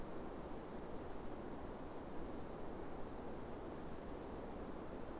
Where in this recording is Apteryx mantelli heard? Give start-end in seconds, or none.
none